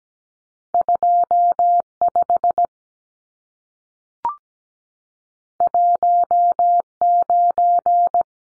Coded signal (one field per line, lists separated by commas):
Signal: Morse code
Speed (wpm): 17 wpm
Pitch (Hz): 700 Hz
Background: none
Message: 25 19